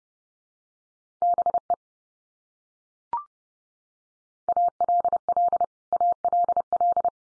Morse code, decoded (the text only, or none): BE ALL ALL